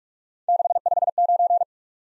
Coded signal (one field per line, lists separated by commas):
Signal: Morse code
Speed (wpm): 44 wpm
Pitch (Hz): 700 Hz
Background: none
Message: 659